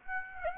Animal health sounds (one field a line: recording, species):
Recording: mosquito wingbeat signal from an infrared sensor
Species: Aedes aegypti